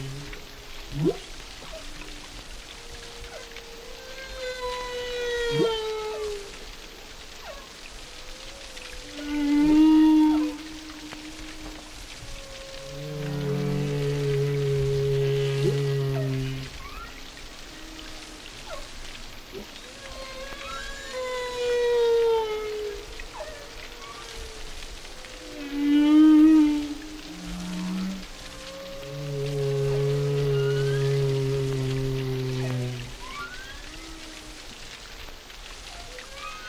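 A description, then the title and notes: Whale song unfolds in a slow, repeating sequence of calls: low sustained moans around 15 and 30 seconds, rising and falling whoops, and sharper upsweeping cries near 10 and 26 seconds. Bright, wavering upper tones ride above, over a faint steady hiss. Whale Songs.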